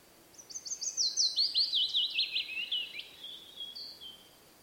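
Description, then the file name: Willow warbler song: a soft start builds into a clear whistled phrase that trickles downward and trails away after about three seconds. "piecuszek Phylloscopus trochilus"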